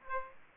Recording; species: mosquito wingbeat signal from an infrared sensor; Aedes aegypti